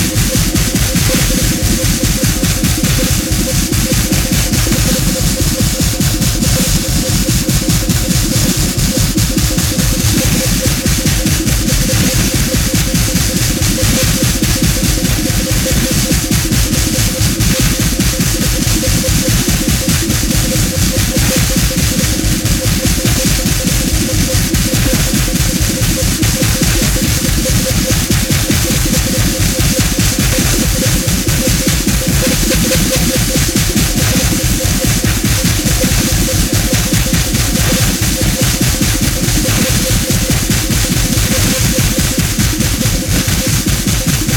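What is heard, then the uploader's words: Synth tones and feedback form a dense, unchanging wall of hiss and rumble, with a steady hum held through the middle for the whole stretch. Film tins filled with objects including nails, tacks, ball bearings and other miscellaneous objects. The film tins were then equipped with piezo microphones plugged into amps then placed atop upward facing speakers. The studio configuration consisted of two vintage tape decks, a vintage 1/4" reel-to-reel, two mixers, multiple microphones, multiple piezos, analog synths and effects pedals.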